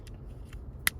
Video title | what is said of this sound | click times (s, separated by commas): How to replace Mazda Key Fob Battery - Mazda CX-5 2021 | just like that a little click | 0.9 s